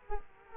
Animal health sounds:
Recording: mosquito wingbeat signal from an infrared sensor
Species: Culex quinquefasciatus

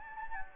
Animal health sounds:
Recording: mosquito wingbeat signal from an infrared sensor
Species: Anopheles gambiae

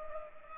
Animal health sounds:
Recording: mosquito wingbeat signal from an infrared sensor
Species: Culex pipiens

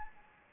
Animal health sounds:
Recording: mosquito wingbeat signal from an infrared sensor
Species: Anopheles gambiae

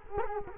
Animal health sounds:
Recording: mosquito wingbeat signal from an infrared sensor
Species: Culex quinquefasciatus

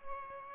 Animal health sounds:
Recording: mosquito wingbeat signal from an infrared sensor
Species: Aedes albopictus

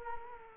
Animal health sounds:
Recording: mosquito wingbeat signal from an infrared sensor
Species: Culex quinquefasciatus

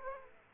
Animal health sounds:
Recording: mosquito wingbeat signal from an infrared sensor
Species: Aedes aegypti

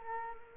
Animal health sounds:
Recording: mosquito wingbeat signal from an infrared sensor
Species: Culex quinquefasciatus

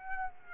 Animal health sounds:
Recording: mosquito wingbeat signal from an infrared sensor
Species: Aedes aegypti

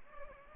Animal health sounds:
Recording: mosquito wingbeat signal from an infrared sensor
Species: Anopheles gambiae

